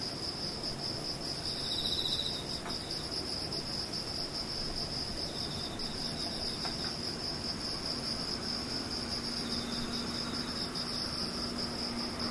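Insects chirr steadily throughout, a thin, high, continuous trill with a fainter, even higher line above it and a softer pulsing call drifting in and out. Underneath sits a quiet, constant low hush, with a couple of faint ticks around three and seven seconds.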